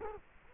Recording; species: mosquito wingbeat signal from an infrared sensor; Culex quinquefasciatus